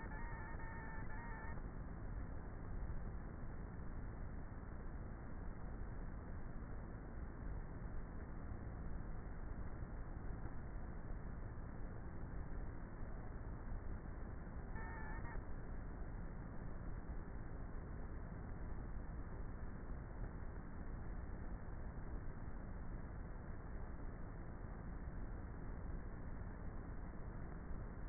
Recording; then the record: honeybee colony, microphone inside the hive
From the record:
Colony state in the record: queenless with a low population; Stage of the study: before two queens were removed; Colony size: about 30,000 bees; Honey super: no